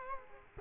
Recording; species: mosquito wingbeat signal from an infrared sensor; Culex quinquefasciatus